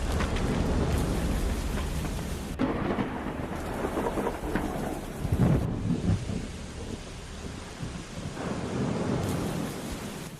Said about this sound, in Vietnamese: Trên bầu trời, sấm sét cứ nổ đùng đùng, gió mưa rít lên từng cơn, cuốn trôi hết tất cả.